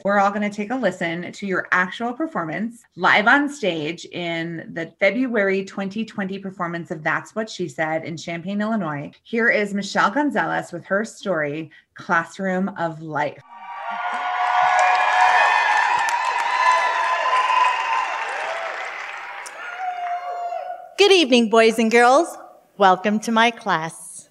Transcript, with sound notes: we’re all going to take a listen to your actual performance, live, on stage in the February 2020 performance of That’s What She Said in Champaign, Illinois, here is Michelle Gonzalez with her story, “Classroom of Life.”
[applause] Good evening, boys and girls. Welcome to my class.